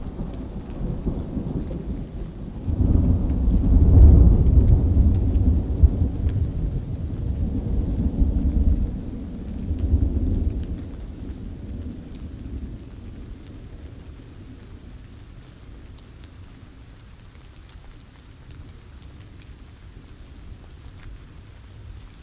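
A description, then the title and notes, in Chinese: A raging thunderstorm: a deep roll of thunder swells in around the third second, peaks near four to five seconds, and rumbles on unevenly until about eleven seconds. After that it fades to a low, steady hiss of rain with faint patter through the end. 雷雨猖狂。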